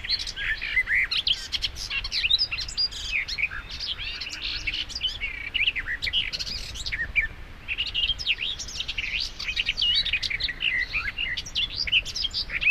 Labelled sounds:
Garden Warbler song

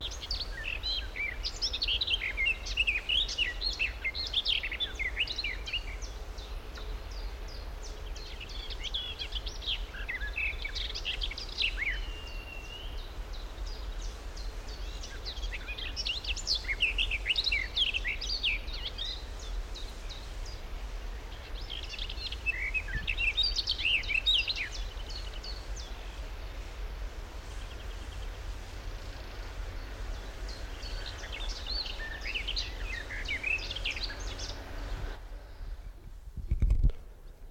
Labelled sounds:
Garden Warbler

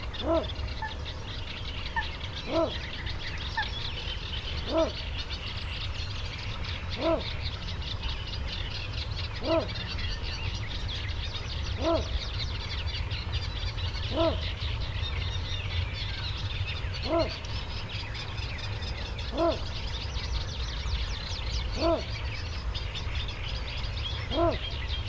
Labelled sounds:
Little Bittern

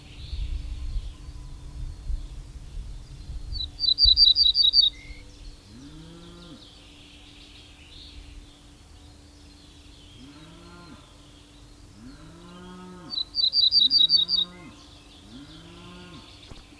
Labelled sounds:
Ortolan Bunting song

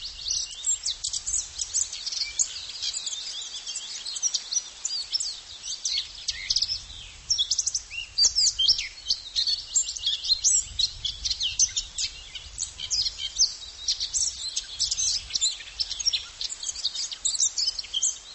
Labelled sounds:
Eurasian Blackcap song

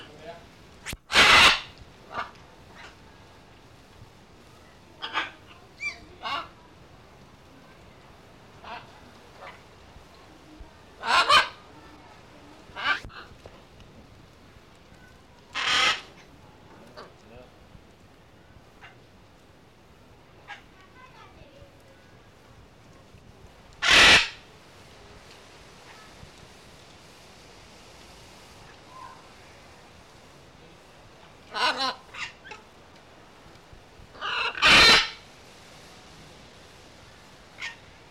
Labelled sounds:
Red-and-green Macaw call

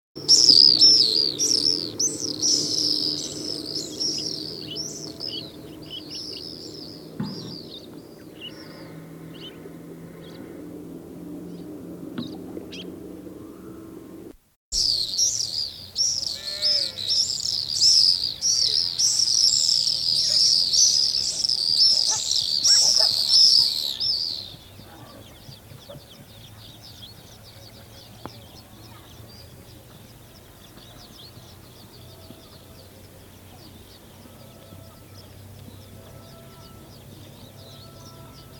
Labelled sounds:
Pacific Swift call

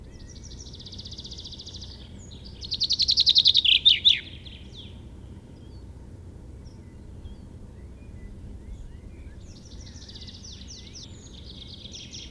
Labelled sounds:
Common Chaffinch song

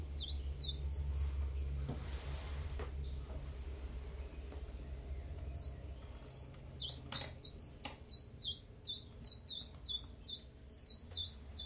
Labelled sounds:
Common Chiffchaff

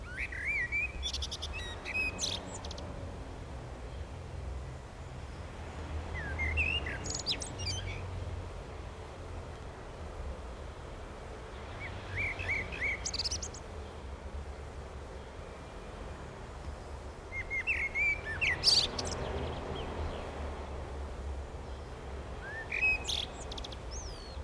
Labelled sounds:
Common Blackbird song

